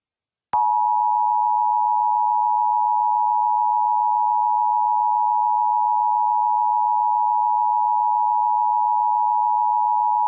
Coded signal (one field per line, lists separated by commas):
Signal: Emergency Alert System (SAME) tones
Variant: 853 and 960 Hz attention tone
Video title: First Eas scenario preview: lost in silence